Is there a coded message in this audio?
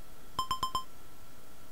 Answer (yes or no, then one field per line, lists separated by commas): no